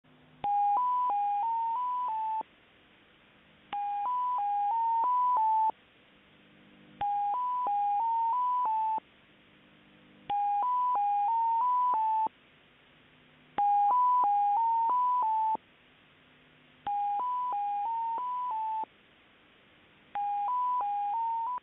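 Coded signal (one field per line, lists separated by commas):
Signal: numbers station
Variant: X06 Mazielka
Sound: seven repeated bursts of six quick stepping tones, each separated by short pauses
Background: radio static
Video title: ⚠ X06 Mazielka | 14th January 2024 | 6926 kHz 161463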